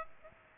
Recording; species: mosquito wingbeat signal from an infrared sensor; Aedes aegypti